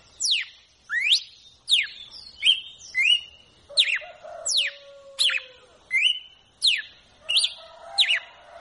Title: Galo De Campina